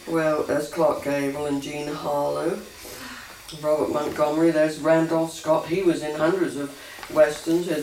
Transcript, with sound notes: Oh, there's Clark Gable and Jean Harlow. [gasps] Robert Montgomery. There's Randolph Scott. He was in hundreds of westerns.